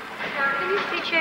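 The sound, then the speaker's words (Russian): An express train pulls into a station platform with a steady, broad rumbling hiss and faint high metallic squealing tones threaded through it, holding fairly level for just over a second. “К перрону подходит скорый поезд.”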